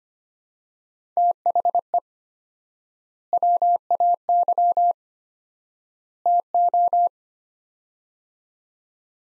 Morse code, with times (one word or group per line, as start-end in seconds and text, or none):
1.2-2.0 THE
3.3-4.9 WAY
6.3-7.1 TO